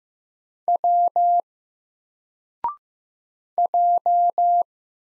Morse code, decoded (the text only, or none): W J